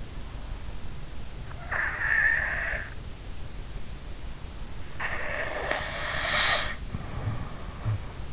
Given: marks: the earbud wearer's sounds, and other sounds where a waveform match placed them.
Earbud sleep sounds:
sounds in sleep by an in-ear microphone; snoring breath
1.68-2.88 s: snoring breath
4.94-8.25 s: snoring breath

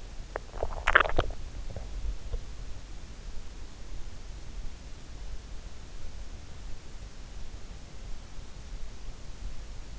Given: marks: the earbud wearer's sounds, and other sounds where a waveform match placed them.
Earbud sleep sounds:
sounds in sleep by an in-ear microphone; swallowing
0.00-2.72 s: swallowing

